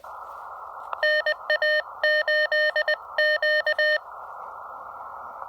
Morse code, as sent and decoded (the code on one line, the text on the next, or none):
-. .- ---.. --.-
NA8Q